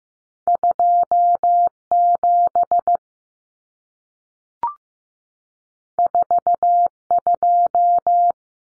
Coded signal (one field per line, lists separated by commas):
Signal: Morse code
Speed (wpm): 15 wpm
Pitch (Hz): 700 Hz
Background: none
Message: 27 42